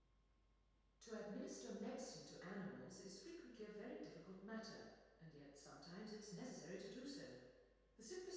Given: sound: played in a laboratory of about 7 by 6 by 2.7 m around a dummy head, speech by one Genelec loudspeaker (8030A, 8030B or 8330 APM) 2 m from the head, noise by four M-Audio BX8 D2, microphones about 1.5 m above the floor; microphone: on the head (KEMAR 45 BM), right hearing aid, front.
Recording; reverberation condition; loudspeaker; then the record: female speech in English; high; 150 degrees to the left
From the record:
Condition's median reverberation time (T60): about 1300 ms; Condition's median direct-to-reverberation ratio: about -4.0 dB